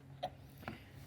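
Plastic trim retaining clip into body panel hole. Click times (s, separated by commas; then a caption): 0.7 s. A plastic trim retaining clip is pushed by hand into its hole in the body panel around the headlight area of a Nissan Titan during a Spyder headlight install. A short burst sounds near 0.2 s, then a single sharp click at 0.7 s as the clip seats.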